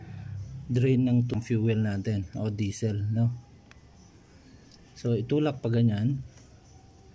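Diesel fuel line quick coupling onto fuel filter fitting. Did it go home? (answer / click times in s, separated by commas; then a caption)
no / none. A diesel fuel line quick coupling is handled at its fuel filter fitting while someone talks, with two brief faint ticks near 3.7 and 4.7 seconds in the quiet gap between speech. The coupling has not been pushed home yet, and nothing has seated or clicked.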